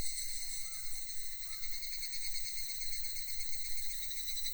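Cicada call: a steady, shrill, layered drone held throughout, with a couple of faint short chirps underneath early on and soft background hiss.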